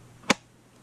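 A pistol is pushed into a heat-formed kydex holster with a light, passing the molded pressure points. A single sharp click sounds at 0.3 s against a quiet background as it snaps into retention, and the gun is seated and held in the holster.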